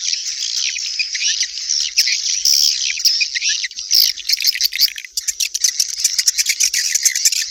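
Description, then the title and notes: Swiftlet calls, a dense, continuous mass of high twittering chirps without pause throughout. Used for swiftlet farming in Asia. "Swiflet Bird Sound. Farming Swiflet Bird asia sound"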